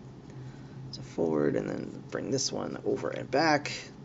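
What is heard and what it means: A plastic leg piece of a transforming robot toy is being handled, swung forward and then over and back toward its locking position for sword mode, while someone talks over faint low handling noise. The leg has not locked into place yet, and no click is heard.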